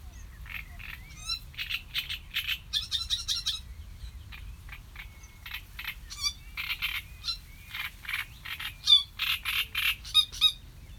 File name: Sedge Warbler